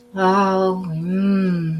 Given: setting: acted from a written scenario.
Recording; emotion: vocal sound without words; serenity